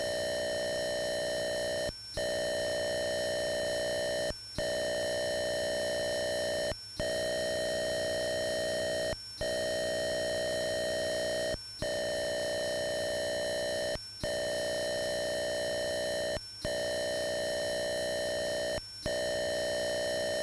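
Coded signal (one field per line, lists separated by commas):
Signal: computer data on cassette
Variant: Atari 8-bit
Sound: steady buzzy high tone in blocks, broken by eight short dropouts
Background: steady low buzz tone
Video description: Click on the link below to skip loading sequence : 03:59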